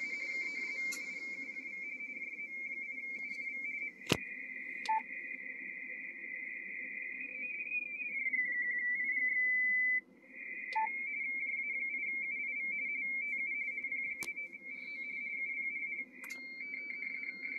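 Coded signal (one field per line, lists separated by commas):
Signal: RTTY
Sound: warbling two-tone teletype chatter near 2 kHz, with steady tone pauses and clicks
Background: radio static, low hum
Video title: P29RO, Papua New Guinea, Pacific Ocean, 18MHz, RTTY QSO by HL2WA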